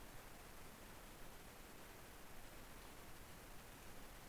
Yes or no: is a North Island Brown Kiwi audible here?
no